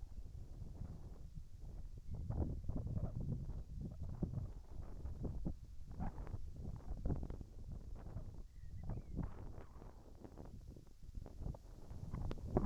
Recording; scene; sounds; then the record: everyday scene through a hearing-aid microphone; wind on the microphone; wind, whistling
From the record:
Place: in front of a rural house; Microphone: behind the ear, right, front